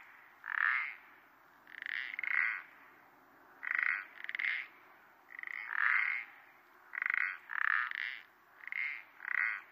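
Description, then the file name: Common parsley frog calls: creaky croaks often given in quick pairs, repeated steadily throughout. "pelodyte-ponctué"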